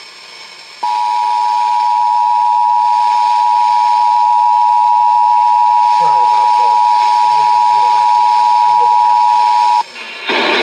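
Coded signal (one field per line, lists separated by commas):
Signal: Emergency Alert System (SAME) tones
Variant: 853 and 960 Hz attention tone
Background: speech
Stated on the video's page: National Periodic Test received from an FM broadcast station on a weather radio.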